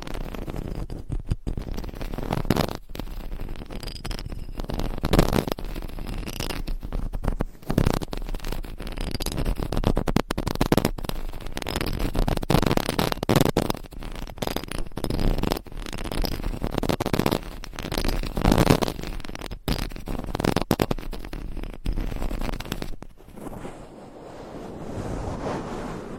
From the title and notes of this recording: Binaural Mic Scratching , Massage & Tapping. No Talking for Sleep with Long Nails.